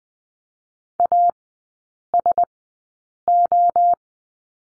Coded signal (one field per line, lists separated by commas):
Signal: Morse code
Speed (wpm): 20 wpm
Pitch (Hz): 700 Hz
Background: none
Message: ASO